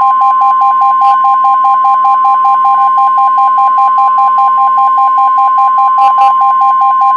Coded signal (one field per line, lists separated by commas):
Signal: Emergency Alert System (SAME) tones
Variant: 1050 Hz attention tone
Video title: NOAA EAS SPECIAL MARINE WARNING 6/30/21 (WEATHER RADIO EDITION)